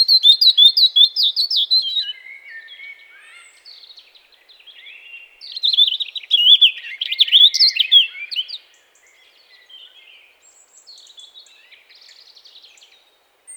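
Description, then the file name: European robin singing: loud sweet warbled phrases open the stretch, softer scratchy notes follow, then a second bright burst of twittering before the song fades to faint notes. "Erithacus rubecula"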